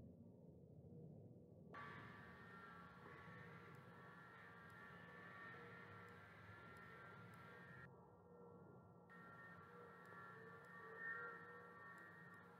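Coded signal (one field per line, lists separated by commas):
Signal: FT8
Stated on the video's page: FT8 test transmission from a uBitx transceiver running WSJT-X through two USB sound cards.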